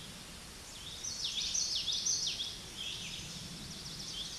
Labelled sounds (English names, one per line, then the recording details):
Common Yellowthroat song
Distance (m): 10 m
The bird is about level with the microphone
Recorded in a Pennsylvania forest on 16 May 2024 at 06:24
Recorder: AudioMoth, point MSD-1295
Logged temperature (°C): 13.7 °C
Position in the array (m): 180 m, 83 m